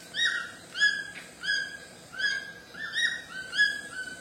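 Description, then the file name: White-throated toucan yelps loudly, about seven strong rising notes in four seconds, harsh and dog-like, with soft hiss beneath. "canto do tucano grande de papo branco"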